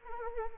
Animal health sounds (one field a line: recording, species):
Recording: mosquito wingbeat signal from an infrared sensor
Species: Anopheles arabiensis